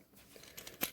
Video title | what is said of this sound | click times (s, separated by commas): Transformers Cyberverse Bumblebee Adventures Deluxe Class Hot Rod review | slide until they click then fold out the feet | 0.8 s